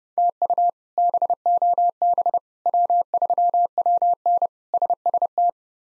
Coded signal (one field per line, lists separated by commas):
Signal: Morse code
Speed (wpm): 32 wpm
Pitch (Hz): 700 Hz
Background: none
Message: TU BOB W3WN SST